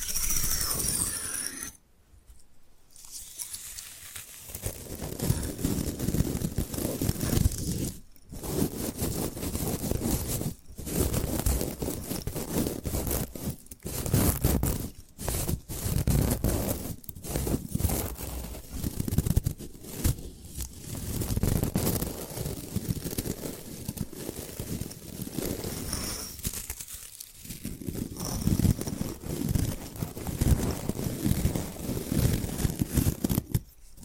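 Scratching and brushing on bamboo, a dense, rough rustle that runs almost continuously with a fuller low body. Brief gaps break it up near the start and every few seconds, with sharp taps and clicks scattered through, sounding papery and crinkly at times.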